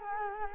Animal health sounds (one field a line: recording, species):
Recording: mosquito wingbeat signal from an infrared sensor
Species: Culex quinquefasciatus